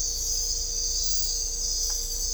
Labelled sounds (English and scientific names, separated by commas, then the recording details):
none
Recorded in dense forest near Puerto Asís, Putumayo, Colombia, on 16 December 2024 at 04:30
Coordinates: 0.500, -76.322
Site G053